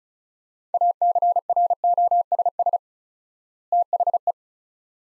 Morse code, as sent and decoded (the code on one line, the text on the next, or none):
.- -.-. .-. --- ... ... / - .... .
ACROSS THE